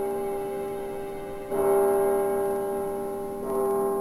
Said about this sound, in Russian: Привезенные из Нидерландов часы пробили 12